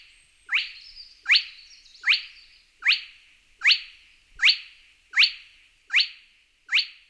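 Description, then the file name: Spotted crake giving sharp rising whip notes, each a quick upward-sweeping whistle, repeated steadily about every 0.8 seconds, nine calls in a row. "Digiffects Sound Effects Library - Spotted Crake Bird"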